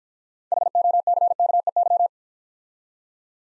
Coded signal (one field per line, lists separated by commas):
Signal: Morse code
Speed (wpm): 50 wpm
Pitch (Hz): 700 Hz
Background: none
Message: HOCKEY